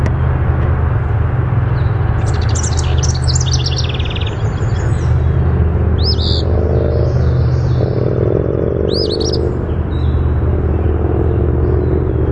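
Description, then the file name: Eastern phoebe with brisk, high looping song phrases repeated several times, along with scattered chips, over constant deep engine-like droning. "EAPH song"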